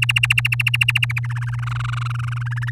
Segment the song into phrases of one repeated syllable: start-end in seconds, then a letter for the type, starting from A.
0.02-1.19 A, 1.24-2.43 B, 2.46-2.70 C